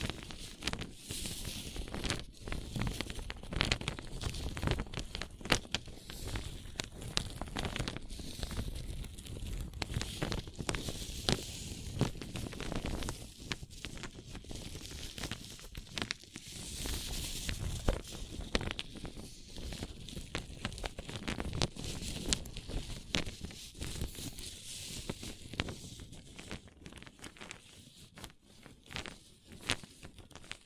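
A paper cup is handled without pause, giving a dense, irregular stream of crinkles, scratches and light taps. The sound stays busy and bright throughout, with soft low thumps underneath and slightly fuller bursts of rustling around 11, 17 and 25 seconds.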